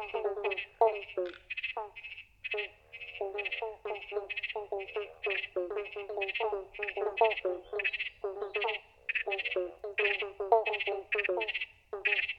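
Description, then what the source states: Pobblebonk frog chorus: many short, plucked-sounding notes following one another quickly with brief gaps, forming a busy, uneven rhythm throughout. A chorus of frogs calling together.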